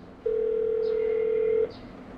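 A telephone ringback tone heard while a teacher repeatedly dials two daughters' phones in turn, unanswered: one steady, mid-pitched electronic beep held for about a second and a half, clear and even over a faint background hiss, with no voices.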